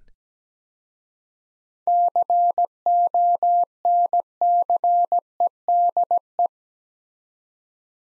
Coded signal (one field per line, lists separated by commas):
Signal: Morse code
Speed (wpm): 17 wpm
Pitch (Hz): 700 Hz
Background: none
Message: CONCEDE